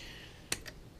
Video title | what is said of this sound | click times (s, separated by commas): HOW TO: Rockshox Deluxe volume reducers | the volume reducers they snap right in | 0.5 s